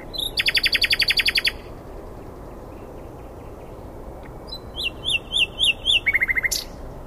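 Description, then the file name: Common nightingale singing: a rapid rattling trill of repeated notes, a pause, then a row of bright chirped notes and a short buzzy trill. "Luscinia megarhynchos"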